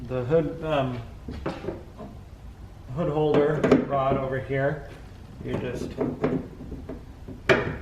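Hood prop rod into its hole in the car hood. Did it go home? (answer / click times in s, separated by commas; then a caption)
yes / 7.5 s. Someone talks while the metal hood prop rod of a 2019-present Kia Forte is swung up and its tip is pushed into the hole in the underside of the raised hood. A sharp knock at 7.5 s marks the rod locking into place to hold the hood up.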